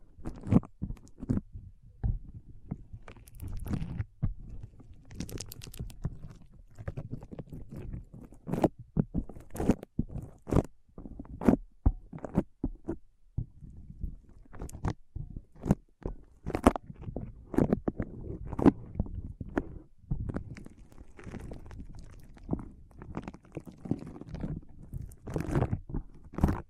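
Foam being squeezed and rubbed in an ASMR brain massage, heard as dense crackling, squishing and crunchy scrapes. Sharp bright clicks burst out irregularly every second or so over a soft low rumble that persists throughout the whole stretch.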